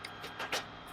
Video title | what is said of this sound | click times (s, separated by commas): BMW e46 Alarm INSTALL | it like this and it clicks right in place like that | 0.4 s, 0.5 s